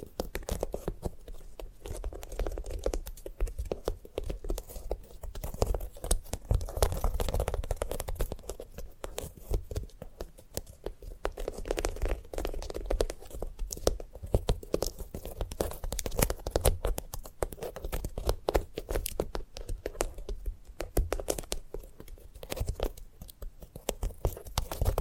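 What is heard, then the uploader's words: Dense, rapid crackling and tapping on a sunflower head, a steady patter of dry clicks with a low thumping rumble underneath throughout. ASMR of a Sunflower Head (No Talking).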